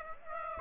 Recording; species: mosquito wingbeat signal from an infrared sensor; Aedes aegypti